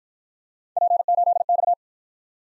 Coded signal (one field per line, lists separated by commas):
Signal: Morse code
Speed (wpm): 52 wpm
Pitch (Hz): 700 Hz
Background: none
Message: P8X